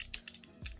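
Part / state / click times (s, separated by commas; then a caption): plastic key fob shell halves / not seated / none. The two plastic shell halves of a 2004–2011 Chevrolet Colorado (and GMC) key fob are being aligned and handled after a battery replacement, before being pressed together. Brief, sharp plastic ticks are heard at 0.1, 0.3 and 0.7 seconds, with a low rumble toward the end. Nothing has seated or clicked shut yet.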